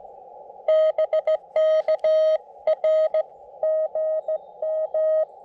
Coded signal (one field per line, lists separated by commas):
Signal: Morse code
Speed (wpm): 16 wpm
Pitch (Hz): 590 Hz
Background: none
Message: BK R GM